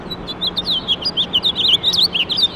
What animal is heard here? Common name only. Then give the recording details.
House Finch. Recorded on Long Island, New York, on 21 March 2012. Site FL. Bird A